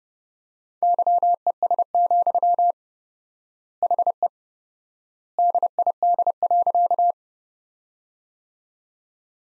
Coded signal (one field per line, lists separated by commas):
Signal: Morse code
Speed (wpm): 30 wpm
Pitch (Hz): 700 Hz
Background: none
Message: YES, HE DID.